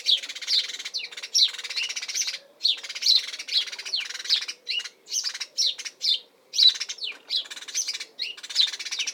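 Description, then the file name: House sparrow chirps, a busy run of short cheeps with brief pauses between bursts. Calls and chirps of house sparrow, recorded in spring in Suffolk, UK. "Bird House-Sparrow UKSuffolk"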